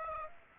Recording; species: mosquito wingbeat signal from an infrared sensor; Aedes aegypti